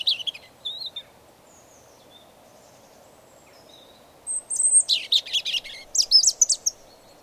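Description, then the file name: European robin singing thin high whistles, a quiet gap, then a fast, jumbled run of sparkling trills and squeaky notes. "Erithacus rubecula"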